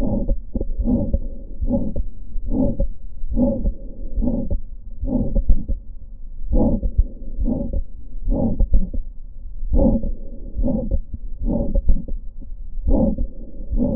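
Adult heart heard by stethoscope: regular heart sounds at about 70 beats a minute, each beat followed by a harsh, rushing murmur that fills much of the gap before the next beat. This is the murmur of aortic stenosis, caused by blood forced through a narrowed aortic valve.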